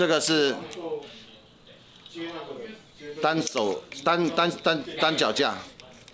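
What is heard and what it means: A phone/camera mount is handled at the metal mounting piece of a monopod, about to be clamped on, while someone talks throughout. Nothing has seated or clicked yet.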